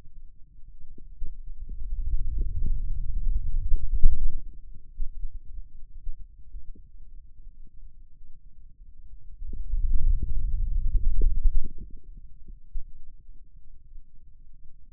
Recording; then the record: forearm muscle sounds (acoustic myography)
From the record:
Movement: wrist extension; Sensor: system 2, bracelet of six BSWA MPA416 microphones around the upper forearm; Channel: 3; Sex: male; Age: 22 years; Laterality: right